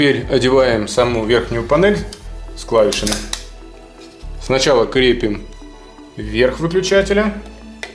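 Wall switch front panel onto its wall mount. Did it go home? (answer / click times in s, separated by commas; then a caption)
no / none. Someone talks over background music while handling the plastic front panel, with its keys, of an Aqara by Xiaomi wireless wall switch, hooking its top edge onto the wall mount first. The lower part has not yet been pressed in, and nothing has seated or clicked by the end of the clip.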